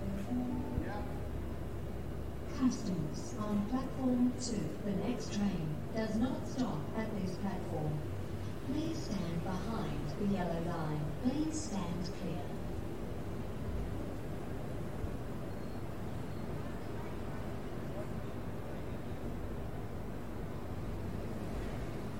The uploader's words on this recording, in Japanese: シドニー市内へ向かう電車の音。今回も最新版をPCM録音ステレオでお送りします。駅のホームで電車を待つ。